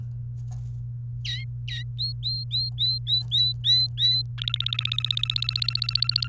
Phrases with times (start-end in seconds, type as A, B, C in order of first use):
1.25-1.82 A, 1.99-4.22 B, 4.38-6.28 C